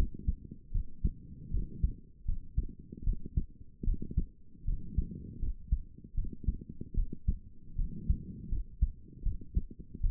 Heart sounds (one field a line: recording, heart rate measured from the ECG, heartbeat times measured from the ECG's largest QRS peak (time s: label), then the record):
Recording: heart sounds by stethoscope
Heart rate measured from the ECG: 78 bpm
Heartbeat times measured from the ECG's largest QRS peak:
0.71 s: heartbeat
1.51 s: heartbeat
2.25 s: heartbeat
3.03 s: heartbeat
3.84 s: heartbeat
4.64 s: heartbeat
5.39 s: heartbeat
6.14 s: heartbeat
6.94 s: heartbeat
7.75 s: heartbeat
8.49 s: heartbeat
9.22 s: heartbeat
10.00 s: heartbeat
From the record:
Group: healthy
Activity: rest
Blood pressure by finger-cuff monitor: 145/78 mmHg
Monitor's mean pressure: 95 mmHg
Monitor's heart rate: 78 bpm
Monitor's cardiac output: 6.9 L/min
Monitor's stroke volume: 88 mL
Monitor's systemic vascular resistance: 1030 dyn s/cm5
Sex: female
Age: 22 years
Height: 154 cm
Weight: 58.7 kg